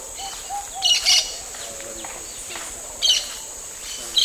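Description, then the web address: Tui parakeet calls: short shrill squeaky chirps in brief bursts near the start, middle and end, with faint lower notes and a steady high hiss throughout. Recorded in the eastern lowlands of South America. "Natures Songs S America Eastern Lowlands. Tui Parakeet"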